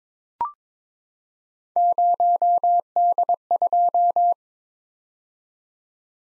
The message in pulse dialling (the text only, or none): none